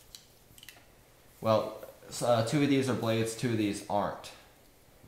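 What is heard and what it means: Someone handles a Leatherman Wave multitool, about to open an outside steel folding blade in its handle, with a few faint light ticks near the start before someone talks. The blade's liner lock has not clicked or seated yet.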